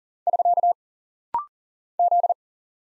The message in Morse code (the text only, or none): <SK> Z